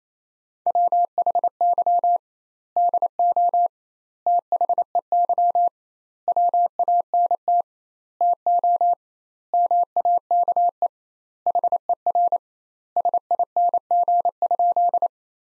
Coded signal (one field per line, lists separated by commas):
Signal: Morse code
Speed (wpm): 28 wpm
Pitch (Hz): 700 Hz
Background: none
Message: WHY DO THEY WANT TO MAKE HER SING?